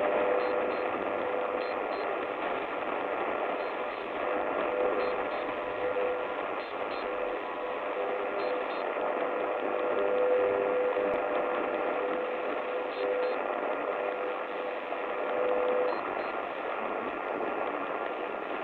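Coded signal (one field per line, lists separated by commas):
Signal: radio time signal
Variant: WWVH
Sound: steady 600 Hz tone through heavy static, briefly broken by faint clicks each second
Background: radio static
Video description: Radio Estación de Señal Horaria. Modo: amplitud modulada. QRG: 10,000 kiloHertz.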